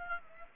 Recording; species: mosquito wingbeat signal from an infrared sensor; Aedes aegypti